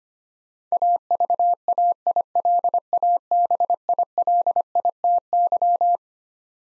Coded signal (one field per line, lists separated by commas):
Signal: Morse code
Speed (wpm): 25 wpm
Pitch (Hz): 700 Hz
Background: none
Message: AVAILABILITY